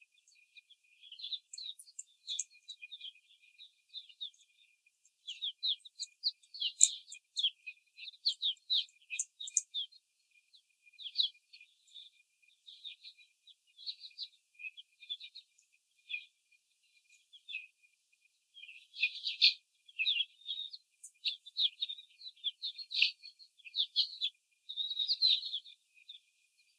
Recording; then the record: young laying hens in a cage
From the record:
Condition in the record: before the stressor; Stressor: simulated dog barking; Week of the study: 4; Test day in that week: 3